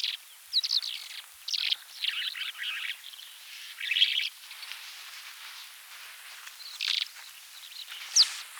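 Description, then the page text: Lesser short-toed lark giving short bursts of scratchy, high twittering phrases separated by brief pauses. "Lesser Short-Toed Lark Song - Quick Sounds"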